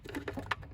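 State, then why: Seated. A plastic push pin is pushed back into the new tail light housing of a 2007–2017 Jeep Wrangler JK. Several soft handling taps and rustles lead to one sharp click at 0.5 s as the pin seats.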